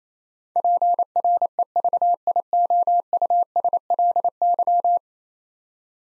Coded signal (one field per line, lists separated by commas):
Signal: Morse code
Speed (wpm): 28 wpm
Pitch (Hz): 700 Hz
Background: none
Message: PREVIOUSLY